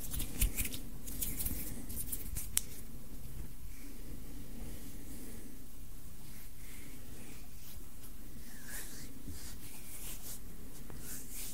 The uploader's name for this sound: ASMR HAND SOUNDS, INTENSE HAND SOUNDS, ASMR HAND MOVEMENTS